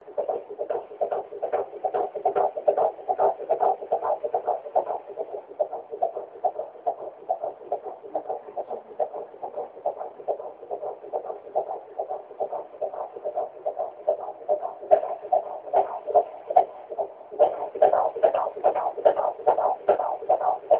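Rapid, regular whooshing Doppler beats at about 143 a minute, a normal fetal heartbeat.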